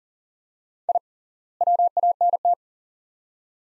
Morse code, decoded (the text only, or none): I WANT